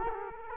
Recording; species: mosquito wingbeat signal from an infrared sensor; Culex quinquefasciatus